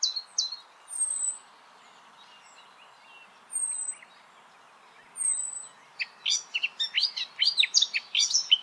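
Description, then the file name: Eurasian blackcap: a few thin, very high drawn-out whistles at intervals, then after six seconds a quick, rich warbling song bursts in. "Sylvia atricapilla"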